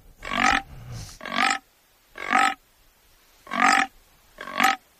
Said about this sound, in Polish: Jeśli więc ktoś usłyszy takie dźwięki, to znak, że w pobliżu jest bekowisko